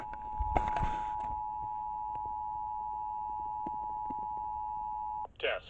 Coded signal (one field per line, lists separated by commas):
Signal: Emergency Alert System (SAME) tones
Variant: 853 and 960 Hz attention tone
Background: speech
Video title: EAS 1557-1558: Pennsylvania Required Monthly Test over 96.1 KISS and 94.5 3WS